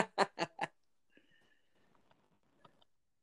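Four sharp, explosive bursts in quick succession, a rapid run of sneezes from an adult woman who is coming down with something, followed by faint call noise.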